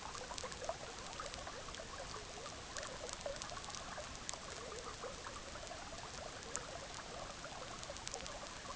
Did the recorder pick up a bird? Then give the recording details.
no. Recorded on Arctic tundra, site EABA-MC, on 18 June 2019. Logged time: 06:00